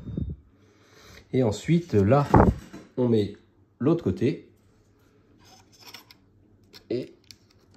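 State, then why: Seated. Someone talks while fitting the other side of a plastic left exhaust part onto the chassis of a scale model KITT car from K2000, with light handling clicks around 6.0–6.8 s. A sharp click at 7.3 s is the part clipping on and seating.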